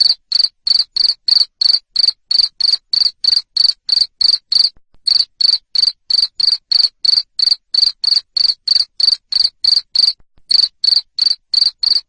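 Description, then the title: Cricket: long run of loud, high cricket chirps, regular buzzy pulses about three per second, with two brief breaks in the rhythm. Loud chirping cricket (jangkrik ngerik) sound used to stimulate lovebirds to sing (ngekek) continuously. "Suara JANGKRIK NGERIK Keras Bikin LOVEBIRD Jadi NGEKEK Terus"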